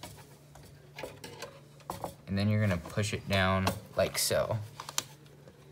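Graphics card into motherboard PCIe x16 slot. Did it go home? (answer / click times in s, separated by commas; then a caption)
yes / 5.0 s. A low-profile Nvidia GeForce GTX 1650 graphics card is pushed down into the motherboard's PCIe x16 slot while someone talks. Faint clicks and taps run under the speech, then a sharp snap at 5.0 s as the card seats in the slot.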